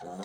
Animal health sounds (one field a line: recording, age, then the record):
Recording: pig call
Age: piglet (1 to 25 days)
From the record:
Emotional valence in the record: negative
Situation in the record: long isolation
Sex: male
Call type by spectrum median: low-frequency call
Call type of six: mixed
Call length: 0.25 s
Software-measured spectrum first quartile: 303 Hz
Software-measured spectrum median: 595 Hz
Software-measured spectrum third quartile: 1011 Hz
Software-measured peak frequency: 722 Hz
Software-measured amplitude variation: 82 dB a second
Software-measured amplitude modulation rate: 14.0 a second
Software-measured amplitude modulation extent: 5.9 dB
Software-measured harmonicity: 3.3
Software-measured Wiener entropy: -0.50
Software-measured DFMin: 1118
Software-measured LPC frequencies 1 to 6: 661, 1840, 3894, 4891, 6238, 7471 Hz